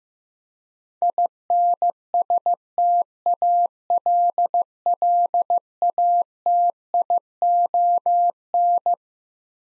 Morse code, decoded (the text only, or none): INSTALLATION